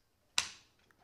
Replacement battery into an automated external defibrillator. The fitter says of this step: press the top end down until the battery clicks into place please